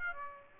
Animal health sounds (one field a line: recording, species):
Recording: mosquito wingbeat signal from an infrared sensor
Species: Aedes aegypti